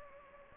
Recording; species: mosquito wingbeat signal from an infrared sensor; Anopheles gambiae